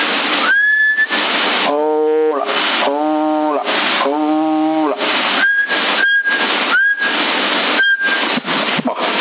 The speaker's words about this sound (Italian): Adesso quando parlo sono positivi, se fischio torna indietro, non si capisce un cavolo.